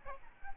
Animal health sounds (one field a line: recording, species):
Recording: mosquito wingbeat signal from an infrared sensor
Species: Aedes albopictus